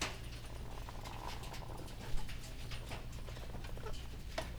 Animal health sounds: poultry house recording; sick chickens (respiratory disease)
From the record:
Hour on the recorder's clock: 15

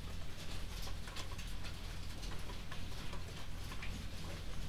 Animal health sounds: poultry house recording; no chicken sound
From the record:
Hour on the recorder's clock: 22

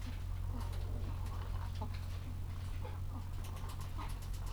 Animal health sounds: poultry house recording; sick chickens (respiratory disease)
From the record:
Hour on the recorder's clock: 14

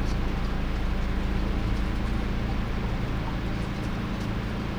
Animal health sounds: poultry house recording; healthy chickens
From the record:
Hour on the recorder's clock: 19

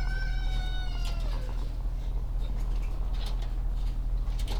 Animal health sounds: poultry house recording; sick chickens (respiratory disease)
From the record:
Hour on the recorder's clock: 17

